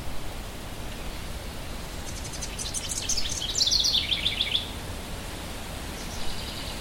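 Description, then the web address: Birds chirping in quick high bursts of twittering notes midway through, with steady wind rushing beneath throughout. "birds and wind"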